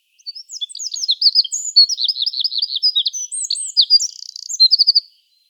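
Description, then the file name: Eurasian wren singing a fast, vigorous stream of high notes and trills, including a buzzy rattle near the end, over about five seconds. "Troglodytes troglodytes"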